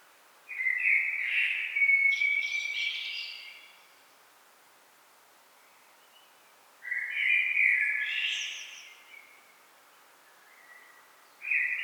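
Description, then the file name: Common blackbird song: fluted warbling phrases, each rising into high, chattering squeaks, with the start of a third phrase. "Turdus merula"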